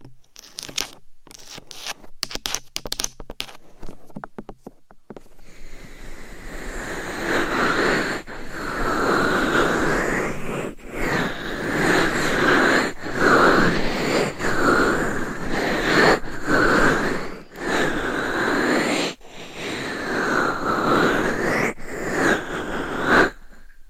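Binaural mic scratching and tapping, opening with about five seconds of sharp, irregular taps and clicks. From there a dense, rough rubbing takes over, swelling and easing in repeated sweeps, with brief gaps and soft knocks breaking it every second or two.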